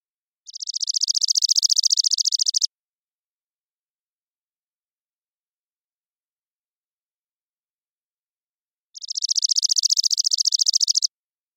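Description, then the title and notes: Chipping sparrow repeating its monotone chip trill twice, each burst about two seconds, separated by roughly six seconds of silence; nothing else audible. Trilling song of a single bird, recorded with a parabolic microphone in the Pacific Northwest, Washington, United States; common in intermixed tree-grass open spaces. "Chipping Sparrow, Spizella passerina, trilling song, single species parabolic recording, single bird performance, natural pace, rhythm, & dynamics maintained, common voice of intermixed tree-grass open spaces Recorded in the beautiful Pacific Northwest, Washington, United States"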